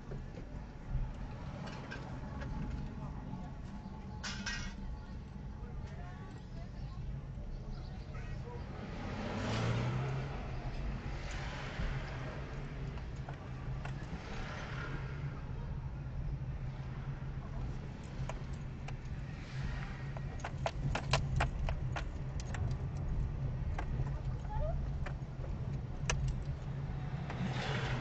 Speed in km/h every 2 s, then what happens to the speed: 6, 7, 8, 8, 9, 12, 14, 17, 17, 17, 18, 16, 14, 20.
0-7 steady at about 7. 7-14 speeds up to 17. 14-24 steady at about 17. 24-28 speeds up to 20.